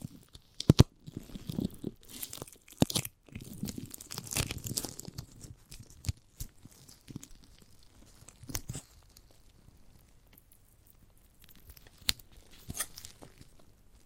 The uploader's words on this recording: ASMR of a Giant Gummy Bear (No Talking).